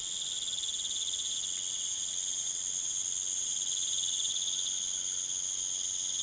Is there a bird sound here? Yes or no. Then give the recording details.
no. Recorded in pastures near Puerto Asís, Putumayo, Colombia, on 30 June 2025 at 20:00. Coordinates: 0.486, -76.323. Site H29